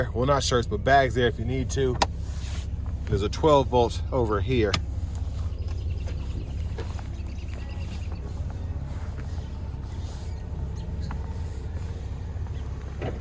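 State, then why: Not seated. Someone talks during the first five seconds inside a 2026 Lincoln Nautilus Black Label, then a steady low hum continues with a few faint knocks and taps as the rear passenger seat back is handled. The rear seat back is being raised toward its upright position, where its latch engages the seat frame. Nothing has seated or clicked yet.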